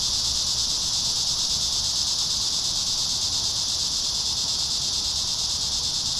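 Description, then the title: Cicada chorus, an unbroken shrill buzz throughout, with no other clear sounds. Cicadas singing in a park. "neoscenes: cicadas in the park"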